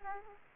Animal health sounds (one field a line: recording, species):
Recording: mosquito wingbeat signal from an infrared sensor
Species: Aedes aegypti